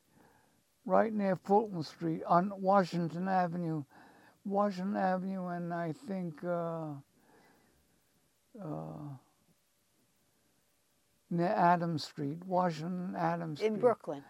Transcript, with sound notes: - right on Fulton Street, near Washington Avenue. Washington Avenue and I think [pause] near Adams Street, Washington and Adams Street.
In Brooklyn.